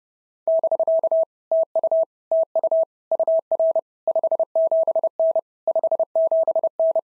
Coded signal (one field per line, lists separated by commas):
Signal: Morse code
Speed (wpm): 30 wpm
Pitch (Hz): 650 Hz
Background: none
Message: <BK> TU TU UR 57N 57N